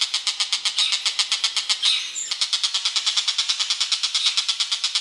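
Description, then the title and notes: Bird repeating quick raspy notes several times a second, pausing briefly with a whistled note, then continuing the same rapid series. "Bird Sound. Kicau Burung Lengkap"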